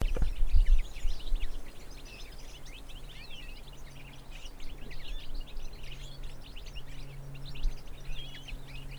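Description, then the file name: European Goldfinch twittering: continuous quick high chirps and tinkling notes, with a faint low hum throughout and a brief thump at the start. "Carduelis carduelis"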